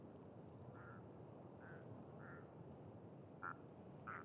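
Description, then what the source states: Duck quacks: five short nasal quacks at irregular intervals, the last two sharper, over steady low background noise. Ducks with unusual calls at a pond beside a site staging scarecrows in gory scenes; recorded with Sonosax SXM2D2, iPhone, MS mkh30/40 microphones in Cinela PIA2.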